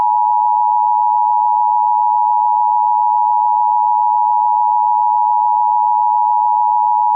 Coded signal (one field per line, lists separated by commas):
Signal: Emergency Alert System (SAME) tones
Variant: 853 and 960 Hz attention tone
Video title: EAS Recreation: Long Island Required Monthly Test